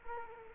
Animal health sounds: mosquito wingbeat signal from an infrared sensor; Culex quinquefasciatus

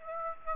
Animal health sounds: mosquito wingbeat signal from an infrared sensor; Aedes aegypti

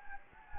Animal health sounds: mosquito wingbeat signal from an infrared sensor; Anopheles gambiae

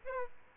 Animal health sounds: mosquito wingbeat signal from an infrared sensor; Aedes aegypti

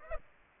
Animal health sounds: mosquito wingbeat signal from an infrared sensor; Aedes aegypti

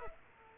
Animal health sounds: mosquito wingbeat signal from an infrared sensor; Culex quinquefasciatus

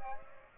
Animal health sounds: mosquito wingbeat signal from an infrared sensor; Aedes aegypti

